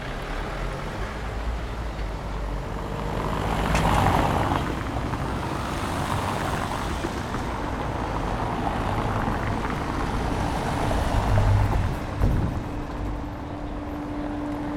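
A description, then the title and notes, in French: A car rolls over cobblestones, its tyres drumming out a dense, rough rumble that stays low and steady throughout. The noise swells around the fourth second and again near the twelfth, while a faint engine hum lingers underneath. Voiture sur pavé.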